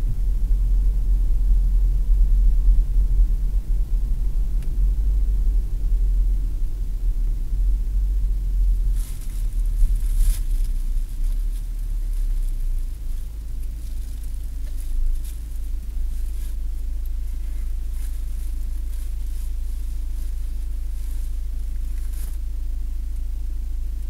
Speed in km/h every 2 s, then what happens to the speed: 55, 54, 48, 38, 29, 21, 10, 3, 0, 0, 0, 0.
0-16 slows to 0. 16-24 standing.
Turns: none.